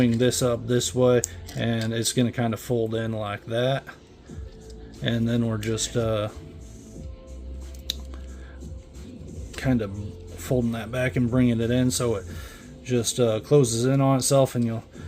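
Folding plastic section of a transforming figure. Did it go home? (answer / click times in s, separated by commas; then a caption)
yes / 7.9 s. A plastic section of a transforming toy figure is folded back and closed in on itself while someone talks over background music. A single very loud, sharp click at 7.9 s marks the panel clicking into place without fully snapping shut.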